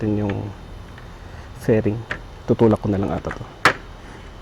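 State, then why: Seated. Someone talks while pushing a plastic fairing panel back onto a PCX 160 Roadsync scooter body by hand, and a sharp click sounds at 3.7 s as the panel's clip snaps into the body. The fairing clip locks in place, and the panel goes back on easily.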